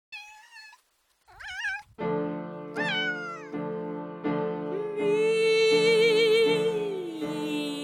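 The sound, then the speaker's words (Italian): Two high voices sing in exaggerated meows in the Comic Duet for Two Cats, an 1825 piece for two soprano cats with piano, trading short sliding phrases, then joining in a sustained, wavering duet over steady, rhythmic piano chords. “Duet e Comic Duet for Two Cats, è una composizione musicale risalente al 1825, pensata per essere eseguita da due gatte soprano accompagnate da un pianoforte. Pertanto, chi si approccia a questo pezzo deve miagolare secondo una determinata partitura.”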